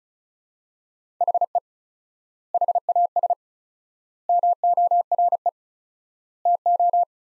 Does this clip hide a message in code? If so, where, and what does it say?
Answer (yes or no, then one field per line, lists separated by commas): yes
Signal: Morse code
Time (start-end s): 1.2-7.0 s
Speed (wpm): 36 wpm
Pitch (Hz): 700 Hz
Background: none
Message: HE HAS MORE TO